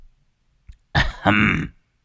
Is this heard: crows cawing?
no